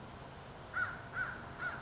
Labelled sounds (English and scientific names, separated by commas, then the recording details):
American Crow (Corvus brachyrhynchos)
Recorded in Sonoma County, California